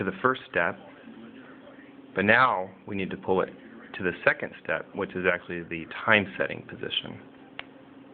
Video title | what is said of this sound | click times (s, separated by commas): How to set time & date on Tag Heuer 2000 Series Quartz Chronograph Watch Dubois Depraz Calibre 185 | you'll hear another snap now the crown is actually out a little bit further than it was before | 7.6 s